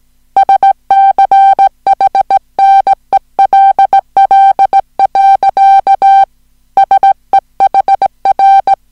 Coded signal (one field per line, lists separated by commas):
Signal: Morse code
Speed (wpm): 17 wpm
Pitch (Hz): 780 Hz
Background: music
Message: SCHNELL. SEHR